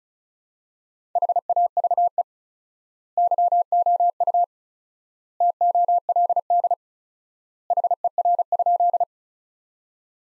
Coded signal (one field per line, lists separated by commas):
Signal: Morse code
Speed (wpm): 36 wpm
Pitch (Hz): 700 Hz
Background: none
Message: HAVE YOU TOLD HER?